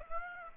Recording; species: mosquito wingbeat signal from an infrared sensor; Aedes aegypti